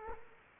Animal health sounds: mosquito wingbeat signal from an infrared sensor; Culex quinquefasciatus

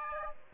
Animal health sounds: mosquito wingbeat signal from an infrared sensor; Aedes aegypti

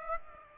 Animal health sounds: mosquito wingbeat signal from an infrared sensor; Aedes aegypti

